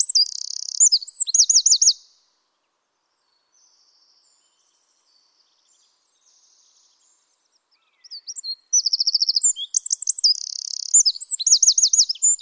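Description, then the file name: Eurasian wren singing: a high trilling phrase ends at the start. After a long silence, a second fast outburst of trills and looped notes runs to the end. "Troglodytes troglodytes"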